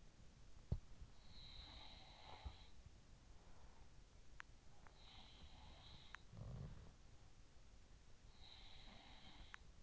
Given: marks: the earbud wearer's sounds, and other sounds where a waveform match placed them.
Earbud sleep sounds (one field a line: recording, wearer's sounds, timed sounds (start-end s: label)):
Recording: sounds in sleep by an in-ear microphone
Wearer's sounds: teeth grinding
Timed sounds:
0.70-3.87 s: sound from someone else or the room
4.11-4.62 s: teeth grinding
4.34-7.12 s: sound from someone else or the room
5.92-6.39 s: teeth grinding
8.27-9.82 s: sound from someone else or the room
9.45-9.82 s: teeth grinding